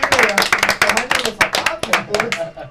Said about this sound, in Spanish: Bravo, un aplauso. ¡Bravo! ¡Bravo la jefa!